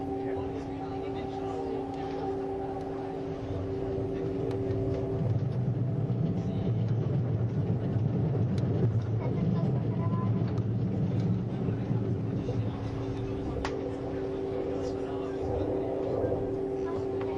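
Onboard a Swiss ICN tilting train, a steady low rumble of running gear with humming tones, brief clicks and faint voices now and then.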